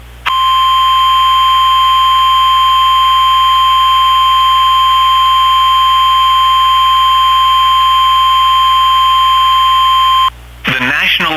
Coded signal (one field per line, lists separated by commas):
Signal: Emergency Alert System (SAME) tones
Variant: 1050 Hz attention tone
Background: speech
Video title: PSR Tornado Warning Sep 23, 2019 (EAS MOCK)